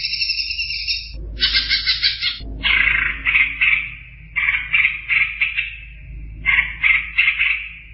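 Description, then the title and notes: Greater green leafbird singing in bursts of rich, rapid chattering phrases separated by short gaps. Champion songbird (juara). "Kicau Burung Cucak Ijo Juara. Suara kicauan burung cucak ijo"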